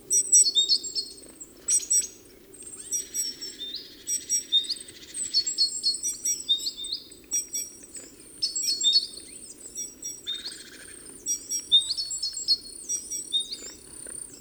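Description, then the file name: Great tit giving dense high chips and thin whistled notes, with a harsh buzzy chatter in places, nearly continuous over a low background hum. "Parus major"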